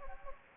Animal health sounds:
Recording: mosquito wingbeat signal from an infrared sensor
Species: Anopheles gambiae

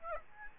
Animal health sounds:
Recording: mosquito wingbeat signal from an infrared sensor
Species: Aedes albopictus

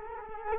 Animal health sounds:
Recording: mosquito wingbeat signal from an infrared sensor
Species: Culex quinquefasciatus

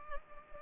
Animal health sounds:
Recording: mosquito wingbeat signal from an infrared sensor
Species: Culex pipiens

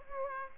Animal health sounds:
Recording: mosquito wingbeat signal from an infrared sensor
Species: Aedes aegypti

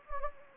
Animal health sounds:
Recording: mosquito wingbeat signal from an infrared sensor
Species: Anopheles gambiae

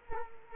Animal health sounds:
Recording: mosquito wingbeat signal from an infrared sensor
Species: Culex quinquefasciatus

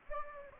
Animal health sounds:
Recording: mosquito wingbeat signal from an infrared sensor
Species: Anopheles arabiensis

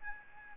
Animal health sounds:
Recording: mosquito wingbeat signal from an infrared sensor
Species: Aedes albopictus

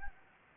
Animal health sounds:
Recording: mosquito wingbeat signal from an infrared sensor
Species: Anopheles gambiae

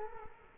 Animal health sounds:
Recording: mosquito wingbeat signal from an infrared sensor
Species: Culex quinquefasciatus

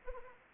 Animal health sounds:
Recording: mosquito wingbeat signal from an infrared sensor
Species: Anopheles arabiensis

